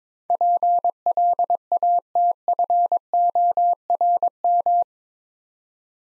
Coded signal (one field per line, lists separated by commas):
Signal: Morse code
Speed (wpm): 22 wpm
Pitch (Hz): 700 Hz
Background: none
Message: PLATFORM